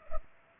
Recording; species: mosquito wingbeat signal from an infrared sensor; Culex pipiens